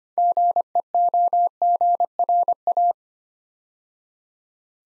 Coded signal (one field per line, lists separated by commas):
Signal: Morse code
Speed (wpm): 26 wpm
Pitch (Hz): 700 Hz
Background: none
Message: GEOGRA